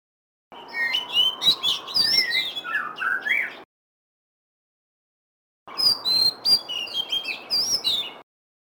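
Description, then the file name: Magpie-robin giving two lively song bursts of mixed whistles, chirps and buzzy notes, each a few seconds long, separated by a pause, with steady hiss behind. Black ('lutung') Cebu form. "suara kicauan kacer lutung cebu. omkicau"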